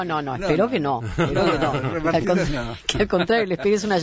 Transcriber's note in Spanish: risas